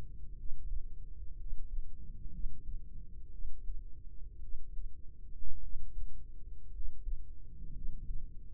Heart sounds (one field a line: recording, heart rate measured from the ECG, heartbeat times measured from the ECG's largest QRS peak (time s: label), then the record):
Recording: heart sounds by microphone in the right ear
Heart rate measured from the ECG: 57 bpm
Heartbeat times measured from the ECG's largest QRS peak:
0.35 s: heartbeat
1.35 s: heartbeat
2.29 s: heartbeat
3.29 s: heartbeat
4.39 s: heartbeat
5.59 s: heartbeat
6.70 s: heartbeat
7.71 s: heartbeat
From the record:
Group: healthy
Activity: rest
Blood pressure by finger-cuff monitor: 104/54 mmHg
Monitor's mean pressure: 67 mmHg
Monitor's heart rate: 54 bpm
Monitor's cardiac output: 5.1 L/min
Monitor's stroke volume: 92 mL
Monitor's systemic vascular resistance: 940 dyn s/cm5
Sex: male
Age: 25 years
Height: 170 cm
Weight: 70.4 kg